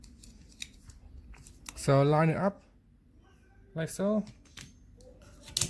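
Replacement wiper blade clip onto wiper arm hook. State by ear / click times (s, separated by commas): seated / 5.6 s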